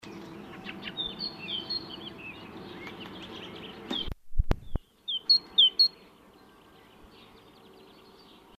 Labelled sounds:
Great Tit (Parus major) song, Eurasian Magpie (Pica pica)

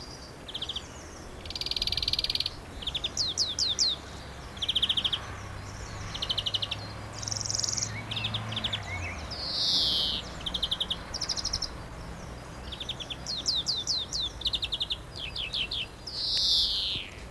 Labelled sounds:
European Greenfinch (Chloris chloris)

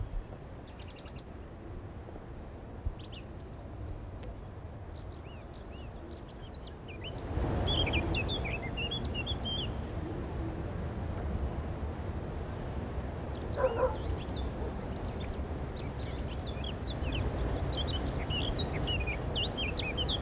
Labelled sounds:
Eurasian Blackcap (Sylvia atricapilla) song

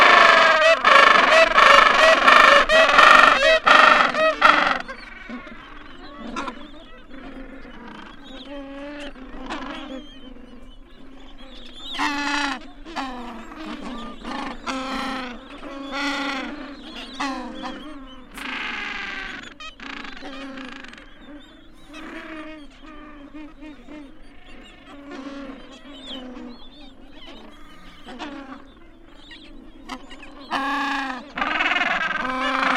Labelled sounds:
Gentoo Penguin (Pygoscelis papua) call

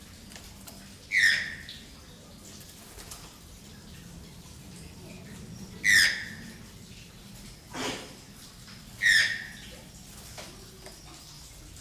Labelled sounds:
Channel-billed Toucan (Ramphastos vitellinus) call

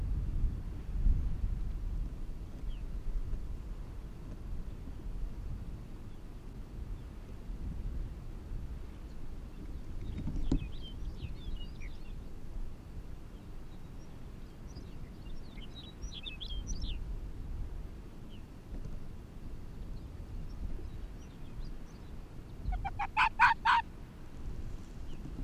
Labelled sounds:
Arctic Fox (Vulpes lagopus)

